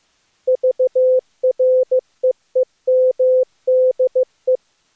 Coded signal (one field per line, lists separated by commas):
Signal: Morse code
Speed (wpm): 18 wpm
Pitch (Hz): 510 Hz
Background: none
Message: VREEMDE